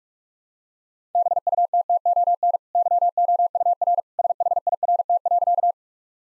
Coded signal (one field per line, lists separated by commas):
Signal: Morse code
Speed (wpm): 46 wpm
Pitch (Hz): 700 Hz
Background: none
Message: BUTTON YOUR SHIRT.